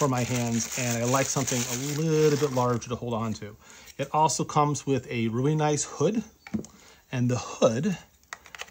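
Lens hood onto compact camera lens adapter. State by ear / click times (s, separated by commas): seated / 8.3 s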